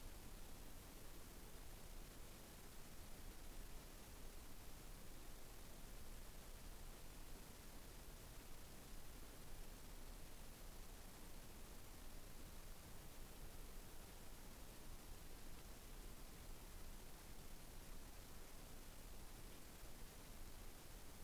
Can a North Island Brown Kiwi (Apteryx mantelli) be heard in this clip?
no